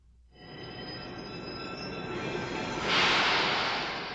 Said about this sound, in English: Listen, is this a plane? No, it's not. Is it a plane or a train? It's a train.